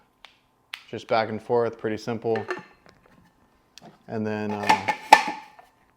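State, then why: Seated. Someone talks, then a lid is twisted onto a Toughbuilt StackTech stainless steel 20 oz tumbler. A sharp, loud knock sounds at 5.1 s as the lid locks into place.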